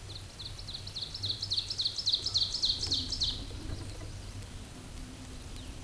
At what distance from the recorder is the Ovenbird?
about 25 m